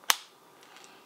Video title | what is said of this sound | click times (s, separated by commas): Yet another Furrion Solar Inlet Port Video - An update to video 9 of my Solar Suitcase Panel series. | hear the snap no way this will come off until you depress the bale | 0.1 s